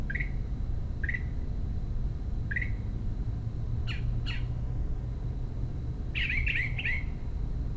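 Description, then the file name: Northern mockingbird repeating rasping chack calls at irregular intervals, ending in a quick burst of three scratchy notes, over constant low rumble. Recorded at a home in Maryland on 26 May 2012; the mockingbird is protesting a commotion. "Northern Mockingbird Home MD 20120526 protesting commotion"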